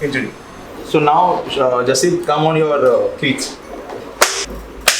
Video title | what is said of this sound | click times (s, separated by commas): The Perfect Bike Fit - Beginner Basics Series - Cyclop x Fast&Up | that's it so this click sound is the confirmation that the shoe has been now logged | 4.2 s, 4.9 s